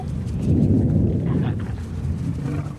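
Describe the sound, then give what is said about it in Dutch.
A deep, continuous rumble from under the ground rolls on like thunder, heavy in the low end and swelling slightly before easing off, with no voices over it. “Het is zeker alleen maar onweer. Van onder de grond.”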